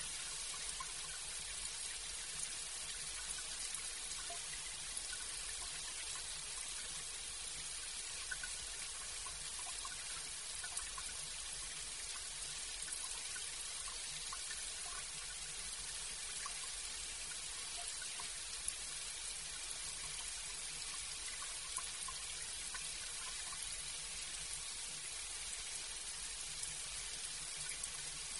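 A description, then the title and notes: Rain falls steadily for the whole stretch, a dense, even hiss weighted toward the bright upper range. Small scattered drips and ticks pop out here and there across the surface, but the overall level barely changes from start to finish. 8 Hours of Rainy Night Ambience for Calm Sleep. The rhythmic sound of rain falling on various surfaces. The rain patters against the glass, creating a calming rhythm.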